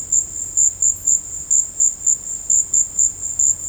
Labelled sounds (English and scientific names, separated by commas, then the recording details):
none
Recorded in secondary vegetation near Puerto Asís, Putumayo, Colombia, on 22 December 2024 at 17:00
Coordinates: 0.481, -76.318
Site G042